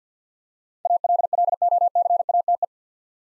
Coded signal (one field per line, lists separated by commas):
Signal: Morse code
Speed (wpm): 48 wpm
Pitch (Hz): 700 Hz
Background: none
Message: ALLOCATE